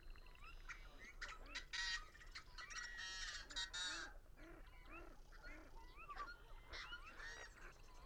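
Birds in a noisy flock, overlapping honking notes repeated in quick succession, with rising squeals and coarse, buzzy calls peaking around two and four seconds.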